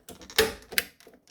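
A CAT5 network cable wire is pushed hard into the clamp of a network wall outlet connector. After faint scraping, loud sharp clicks come at 0.4 s and 0.8 s, and the wire snaps into the outlet terminal, seated.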